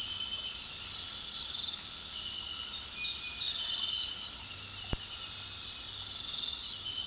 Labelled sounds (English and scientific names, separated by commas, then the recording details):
none
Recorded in pastures near Puerto Asís, Putumayo, Colombia, on 18 February 2024 at 22:30
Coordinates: 0.468, -76.328
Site G6414